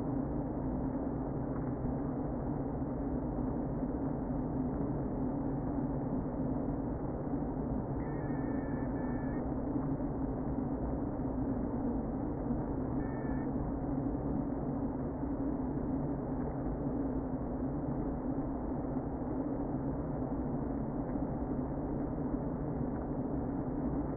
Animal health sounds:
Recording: honeybee colony, microphone inside the hive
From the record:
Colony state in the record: queen present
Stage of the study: before two queens were removed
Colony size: about 60,000 bees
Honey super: yes

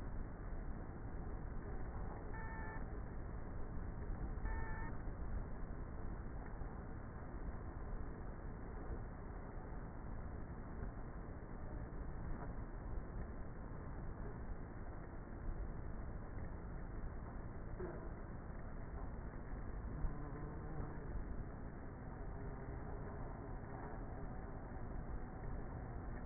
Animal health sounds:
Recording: honeybee colony, microphone inside the hive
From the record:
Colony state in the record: queenless with a low population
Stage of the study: before two queens were removed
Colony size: about 30,000 bees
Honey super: no

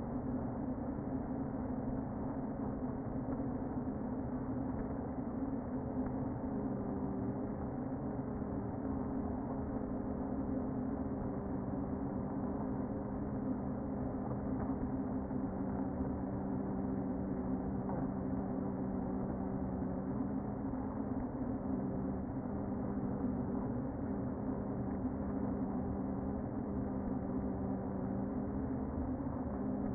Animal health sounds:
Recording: honeybee colony, microphone inside the hive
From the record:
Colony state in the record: queen present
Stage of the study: before two queens were removed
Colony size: about 60,000 bees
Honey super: yes

